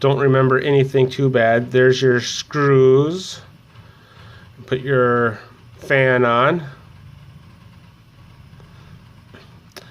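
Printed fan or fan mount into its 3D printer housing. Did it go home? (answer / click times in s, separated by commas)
yes / 9.7 s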